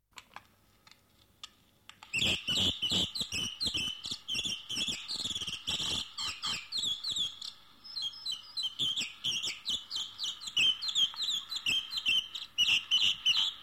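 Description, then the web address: Birds chirping and twittering in a dense, busy chorus of high, quick notes that starts after two seconds of near silence, with sharp clicking taps scattered throughout. "audio animali uccelli uccelli birds"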